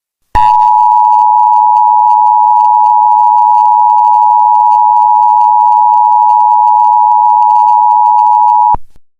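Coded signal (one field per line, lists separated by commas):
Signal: Emergency Alert System (SAME) tones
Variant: 853 and 960 Hz attention tone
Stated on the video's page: Fictional EAS scenario, a Valentine's Day special.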